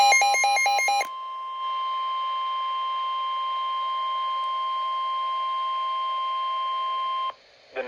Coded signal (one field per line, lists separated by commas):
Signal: Emergency Alert System (SAME) tones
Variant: 1050 Hz attention tone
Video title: NOAA Weather Radio - Flash Flood Warning [EAS #20] (9/13/21)